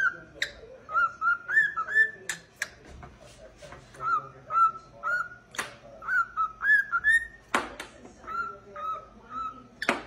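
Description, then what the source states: Cockatiel whistling a run of short, bright notes, some dipping and rising, with frequent sharp clicks and taps throughout. Several cockatiels singing, a whistled song.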